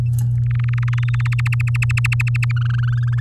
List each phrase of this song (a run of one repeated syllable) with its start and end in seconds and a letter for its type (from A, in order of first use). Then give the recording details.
0.46-1.48 A, 1.52-2.52 B, 2.56-3.20 C. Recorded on 7 May 2018 at 14:04. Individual llb16